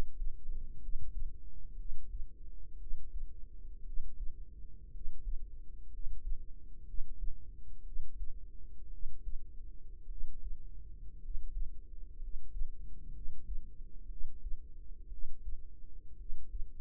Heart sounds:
heart sounds by microphone in the right ear; 59 bpm
0.78 s: heartbeat
1.74 s: heartbeat
2.76 s: heartbeat
3.82 s: heartbeat
4.90 s: heartbeat
5.88 s: heartbeat
6.83 s: heartbeat
7.82 s: heartbeat
8.88 s: heartbeat
10.06 s: heartbeat
11.18 s: heartbeat
12.17 s: heartbeat
13.10 s: heartbeat
14.06 s: heartbeat
15.07 s: heartbeat
16.15 s: heartbeat
From the record:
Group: healthy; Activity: rest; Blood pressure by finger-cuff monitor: 102/50 mmHg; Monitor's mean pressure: 63 mmHg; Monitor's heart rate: 60 bpm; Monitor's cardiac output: 5.2 L/min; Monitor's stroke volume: 88 mL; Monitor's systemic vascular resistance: 840 dyn s/cm5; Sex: male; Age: 25 years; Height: 170 cm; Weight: 70.4 kg

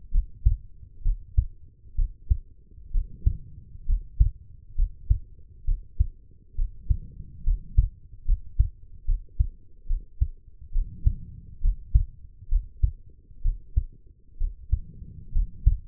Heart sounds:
heart sounds by stethoscope; 67 bpm
0.11 s: heartbeat
1.02 s: heartbeat
1.95 s: heartbeat
2.91 s: heartbeat
3.86 s: heartbeat
4.75 s: heartbeat
5.64 s: heartbeat
6.55 s: heartbeat
7.43 s: heartbeat
8.25 s: heartbeat
9.05 s: heartbeat
9.86 s: heartbeat
10.72 s: heartbeat
11.61 s: heartbeat
12.48 s: heartbeat
13.42 s: heartbeat
14.37 s: heartbeat
15.32 s: heartbeat
From the record:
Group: healthy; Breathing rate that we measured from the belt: 15 breaths a minute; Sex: female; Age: 23 years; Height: 160 cm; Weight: 50.4 kg

